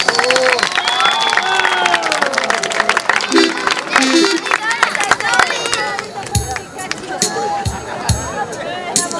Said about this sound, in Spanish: Un fuerte aplauso por hoy para todos ustedes por el Día del Maestro.